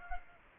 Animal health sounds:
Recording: mosquito wingbeat signal from an infrared sensor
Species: Aedes aegypti

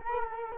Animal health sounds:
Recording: mosquito wingbeat signal from an infrared sensor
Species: Culex quinquefasciatus

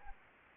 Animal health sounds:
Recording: mosquito wingbeat signal from an infrared sensor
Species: Anopheles arabiensis

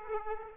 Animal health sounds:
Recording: mosquito wingbeat signal from an infrared sensor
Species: Aedes aegypti

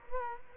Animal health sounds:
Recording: mosquito wingbeat signal from an infrared sensor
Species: Culex quinquefasciatus

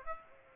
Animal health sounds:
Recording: mosquito wingbeat signal from an infrared sensor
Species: Aedes aegypti

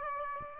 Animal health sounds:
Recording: mosquito wingbeat signal from an infrared sensor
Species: Aedes aegypti

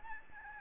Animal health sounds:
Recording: mosquito wingbeat signal from an infrared sensor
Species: Aedes albopictus

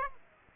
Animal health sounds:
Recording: mosquito wingbeat signal from an infrared sensor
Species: Aedes aegypti

